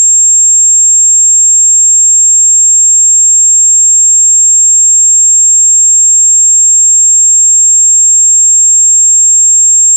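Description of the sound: Steady, very high-pitched pure tone at 7500 Hz, used to determine and match the pitch of a person's tinnitus.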